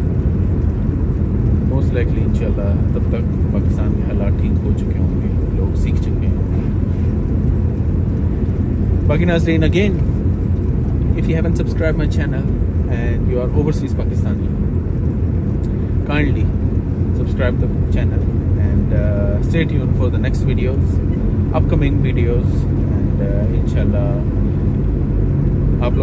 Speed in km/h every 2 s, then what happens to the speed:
27, 26, 27, 26, 27, 27, 27, 28, 28, 29, 30, 31, 32.
0-26 steady at about 27.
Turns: none.